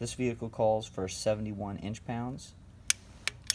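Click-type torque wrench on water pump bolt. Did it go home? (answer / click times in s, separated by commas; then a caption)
yes / 2.9 s. Someone talks while a click-type inch-pound torque wrench set to 71 in-lb tightens the first water pump bolt on a Chevy Cruze. The wrench clicks sharply at 2.9 s, reaching the 71 in-lb torque, followed by two more short clicks at 3.3 s and 3.5 s.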